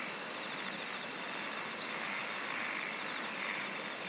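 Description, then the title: Insects buzzing in a constant shrill chorus, with short high buzzy phrases repeating regularly over a soft pulsing trill. "SINGING OF INSECTS"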